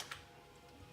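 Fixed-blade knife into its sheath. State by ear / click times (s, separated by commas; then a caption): seated / 0.1 s. A fixed-blade knife is pushed back into its sheath and snaps into its retention with a short, sharp click at 0.1 s. The knife seats easily, and only quiet background sound follows.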